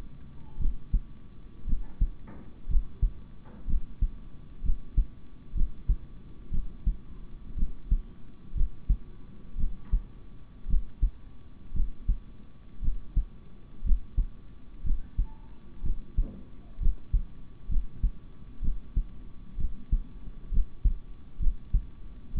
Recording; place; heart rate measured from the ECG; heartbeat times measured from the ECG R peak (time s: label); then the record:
heart sounds by stethoscope; between the tricuspid and mitral areas; 61 bpm
0.58 s: heartbeat
1.66 s: heartbeat
2.68 s: heartbeat
3.66 s: heartbeat
4.62 s: heartbeat
5.54 s: heartbeat
6.50 s: heartbeat
7.55 s: heartbeat
8.54 s: heartbeat
9.57 s: heartbeat
10.67 s: heartbeat
11.73 s: heartbeat
12.81 s: heartbeat
13.83 s: heartbeat
14.83 s: heartbeat
15.82 s: heartbeat
16.79 s: heartbeat
17.68 s: heartbeat
18.61 s: heartbeat
19.57 s: heartbeat
20.50 s: heartbeat
21.39 s: heartbeat
22.34 s: heartbeat
From the record:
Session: rest, sitting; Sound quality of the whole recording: good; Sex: male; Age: 26 years